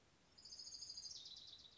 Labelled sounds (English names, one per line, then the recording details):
Chestnut-backed Chickadee
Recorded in Sonoma County, California